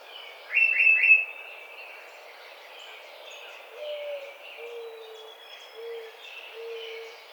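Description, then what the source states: Tufted titmouse giving a quick run of three sharp notes near the start, followed by faint high chips and low whistles. Recorded 30 April 2009.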